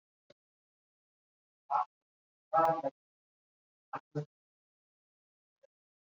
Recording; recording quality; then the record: shallow breathing; poor, much background noise or distortion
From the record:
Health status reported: COVID-19 positive, no symptoms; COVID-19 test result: positive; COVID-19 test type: RT-PCR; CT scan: not taken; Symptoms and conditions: none ticked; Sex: male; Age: 44 years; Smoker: yes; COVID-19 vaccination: both doses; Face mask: worn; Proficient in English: no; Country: India